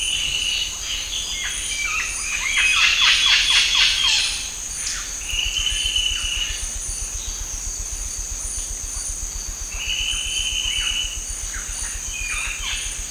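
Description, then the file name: Bird giving a quick burst of descending chirps, followed by two separate level whistled notes, with a constant shrill insect hum behind. "SABIOD 50 bird 2015"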